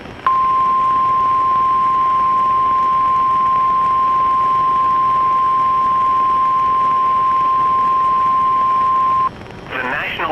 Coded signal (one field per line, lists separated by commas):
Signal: Emergency Alert System (SAME) tones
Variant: 1050 Hz attention tone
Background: speech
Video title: NWS Ruskin issued a Special Marine Warning (EAS #249)